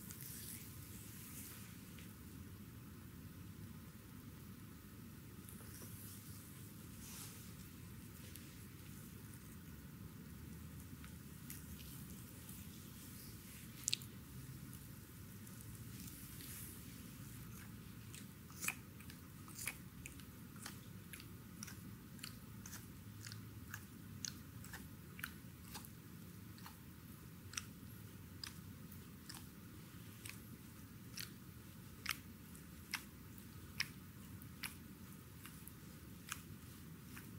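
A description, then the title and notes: Stone balls click and tap sharply during a massage over a steady low rumble, the clicks growing more frequent after about eighteen seconds. ASMR Massage with Stone Balls. Video include neck, back, foot stone balls massage.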